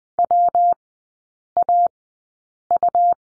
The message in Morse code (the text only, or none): WAU